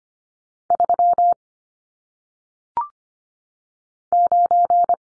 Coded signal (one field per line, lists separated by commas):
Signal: Morse code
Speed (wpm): 25 wpm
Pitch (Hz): 700 Hz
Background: none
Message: 3 9